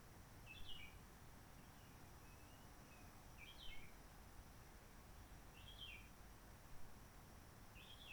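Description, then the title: Réunion bulbul uttering four short falling phrases about every two to three seconds, a few soft notes between them, over low background noise and a steady high whine. Roche Merveilleuse, Réunion; forest quiet since 19 March 2020 lockdown, no people, microlights or helicopters; sunny blue sky; birds not very active; bulbul singing simpler short phrases, adapted to past noise pollution. "Roche Merveilleuse, Réunion - Merle de lîle de la Réunion."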